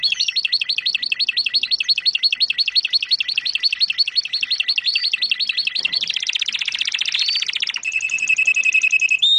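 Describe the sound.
Domestic canary song: a long, even, rapidly repeated trill, shifting into a dense buzzy roll and ending on a steady high whistled note.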